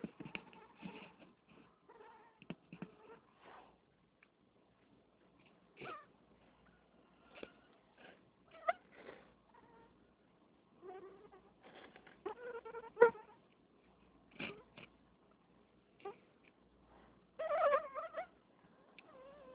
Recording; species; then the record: mosquito flight sound by mobile phone; Anopheles freeborni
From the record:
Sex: mixed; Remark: in a cage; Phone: Nokia 6555B